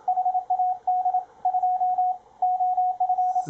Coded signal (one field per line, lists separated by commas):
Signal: Morse code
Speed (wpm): 27 wpm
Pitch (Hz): 730 Hz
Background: radio noise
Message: HAD 2 OF